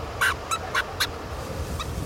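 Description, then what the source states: White-vented storm petrel calls: four short, harsh, buzzy notes roughly a quarter second apart, then a fainter single note near the end, over a low steady background hiss. Small black-and-white seabird found off the coasts of Chile and Peru; lives at sea, nesting found in the Atacama Desert about 50 miles inland from the Chilean coast.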